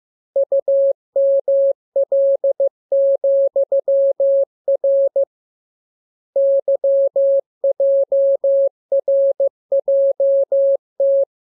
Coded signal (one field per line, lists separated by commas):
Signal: Morse code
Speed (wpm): 15 wpm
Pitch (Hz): 550 Hz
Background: none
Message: UML,R YJRJT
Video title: Learning Morse Code. Lesson 20. Letter KMURESNAPTLWI.JZ=FOY,